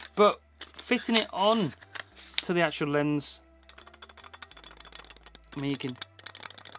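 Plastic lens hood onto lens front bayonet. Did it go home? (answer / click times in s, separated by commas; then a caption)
partly / 6.3 s. A plastic lens hood is fitted onto the front bayonet of a Meike 50mm f1.7 Canon RF prime lens while someone talks. Light clicks and rattles follow, with a click at 6.3 s. The hood clicks into position and won't fall off, but it sits loosely and rattles instead of snapping firmly on like other hoods.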